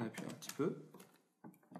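A second memory stick is handled over a motherboard DIMM slot while someone talks, with a few faint short taps near the end. The module is not yet pushed home and nothing has seated or clicked yet; the latches have not snapped shut.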